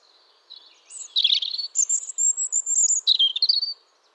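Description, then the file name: European robin with a quick, high-pitched song phrase that mixes scratchy twitters, thin high whistles and a final burst of sweet notes. No other sounds intrude. "Erithacus rubecula"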